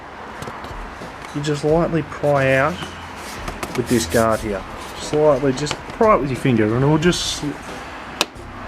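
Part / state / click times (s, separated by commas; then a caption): plastic rear guard tab into motorcycle rear subframe/fender mount / seated / 8.2 s. While fitting an R&G tail tidy kit to a Yamaha R3, a plastic rear guard is lightly pried and pulled back into position by finger as someone talks. A sharp click at 8.2 s is its tab snapping into the rear subframe/fender mount, seating it where it is meant to be.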